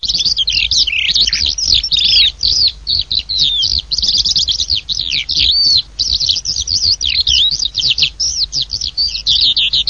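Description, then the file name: Eurasian skylark song: a continuous, rapid flow of high warbled trills and twittering notes with quick up-and-down slurs, barely pausing. "ALLODOLAM"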